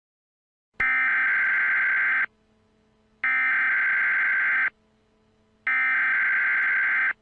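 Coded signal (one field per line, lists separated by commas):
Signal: Emergency Alert System (SAME) tones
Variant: header bursts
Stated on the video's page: Fictional EAS scenario, not a real broadcast.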